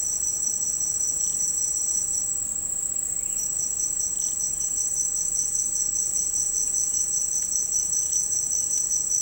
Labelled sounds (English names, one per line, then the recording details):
none
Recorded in secondary vegetation near Puerto Asís, Putumayo, Colombia, on 13 March 2025 at 10:30
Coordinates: 0.502, -76.326
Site G100